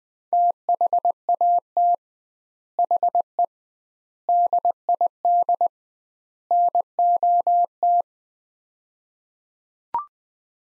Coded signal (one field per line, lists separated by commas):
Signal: Morse code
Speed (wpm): 21 wpm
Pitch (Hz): 700 Hz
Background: none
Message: THAT HE DID NOT